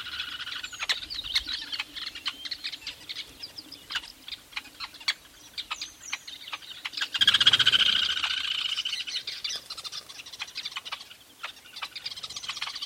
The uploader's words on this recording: Secret Life Of A Weaver Nest. This is a recording I made at a large Weaver nest in Etosha NP, Namibia.